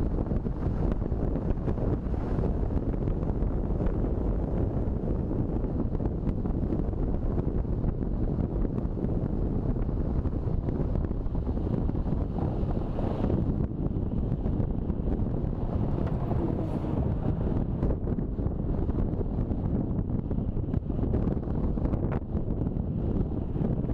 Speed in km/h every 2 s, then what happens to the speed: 50, 52, 52, 48, 44, 41, 38, 27, 31, 27, 24, 25.
0-5 steady at about 52. 5-24 slows to 25.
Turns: none.